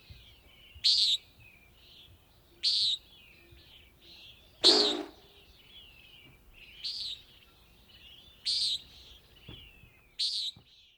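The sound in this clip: Nighthawk repeating a brief, harsh buzzy call several times at uneven intervals.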